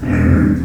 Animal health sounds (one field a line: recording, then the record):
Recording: squeal of a Yucatan mini pig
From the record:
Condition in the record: after surgery on the right vocal fold (resection and tissue-engineered implant)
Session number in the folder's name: 7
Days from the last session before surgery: 47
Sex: female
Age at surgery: 19 weeks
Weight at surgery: 25 kg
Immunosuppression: prednisolone